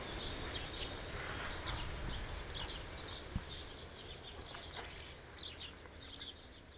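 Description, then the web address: True sparrows chirping in irregular bursts of short notes over a steady background hum. "sound True-sparrows"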